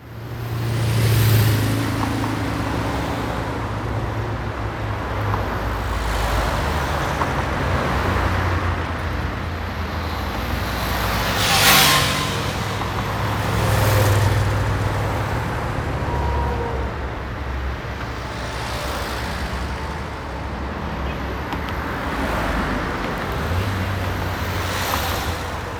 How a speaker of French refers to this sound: Toujours sur le pont de Catane, mais au-dessus de l'autoroute, les deux axes de circulation mixent deux systèmes sonores différents en fréquence et en rythme.